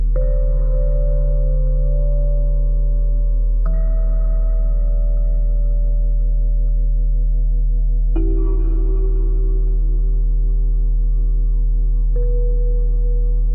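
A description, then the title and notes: Sustained ringing tones at 174Hz, 417Hz and 741Hz, like singing bowls, with new strikes near 0, 4, 8 and 12 seconds. Each strike adds a bright edge that fades into a steady, humming drone with a constant low rumble beneath. 174Hz+417Hz+741Hz.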